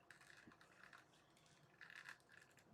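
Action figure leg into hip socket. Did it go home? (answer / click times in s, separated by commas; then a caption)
no / none. A plastic action figure leg is pressed into the figure's hip socket, producing only faint taps and light scraping. It has not clicked or seated yet.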